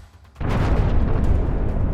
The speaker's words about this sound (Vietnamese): Một tiếng nổ bùng dậy, chỉ thấy bầy ông bị thổi bay đi hết.